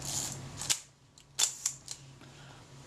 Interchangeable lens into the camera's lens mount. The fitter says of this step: it'll click into place that's